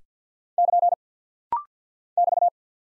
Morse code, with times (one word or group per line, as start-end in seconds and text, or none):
0.6-0.9 <KN>
2.2-2.5 <BT>